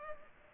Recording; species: mosquito wingbeat signal from an infrared sensor; Culex pipiens